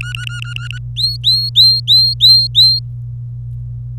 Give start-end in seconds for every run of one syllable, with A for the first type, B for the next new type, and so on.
0.01-0.79 A, 0.96-2.79 B